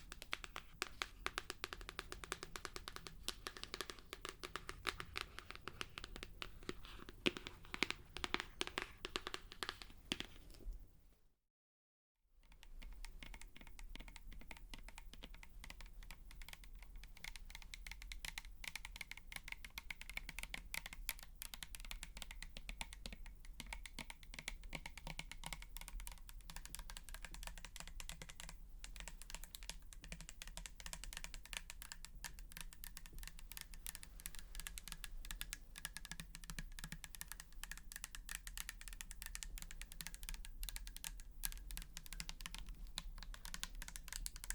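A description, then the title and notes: Rapid, dense tapping runs throughout, like fingers clattering on a keyboard, with crisp clicks spread across the highs and a low hum underneath. Near eleven seconds the sound cuts out completely for about a second, then the steady tapping resumes and continues to the end. Tapping. (No Talking).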